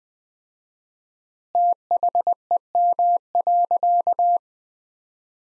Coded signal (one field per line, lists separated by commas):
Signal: Morse code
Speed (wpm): 20 wpm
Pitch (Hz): 700 Hz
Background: none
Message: THEM.